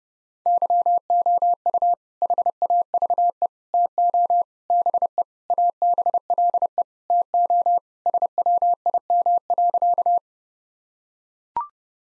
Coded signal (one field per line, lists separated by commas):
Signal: Morse code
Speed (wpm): 28 wpm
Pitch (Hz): 700 Hz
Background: none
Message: YOU HAVE TO BE ABLE TO SWIM.